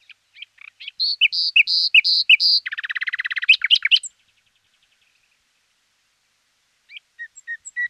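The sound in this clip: Common nightingale song with repeated loud clear whistled notes followed by a quick buzzy rattle, silence, then chirps returning near the end.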